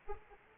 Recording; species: mosquito wingbeat signal from an infrared sensor; Anopheles arabiensis